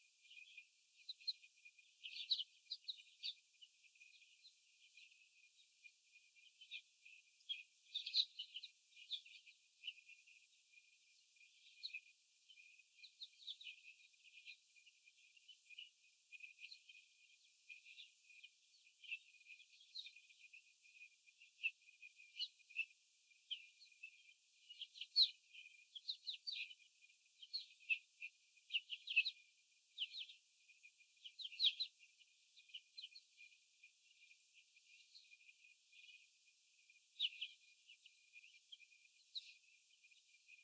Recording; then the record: young laying hens in a cage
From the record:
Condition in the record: after the stressor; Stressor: sudden umbrella opening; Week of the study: 3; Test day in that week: 2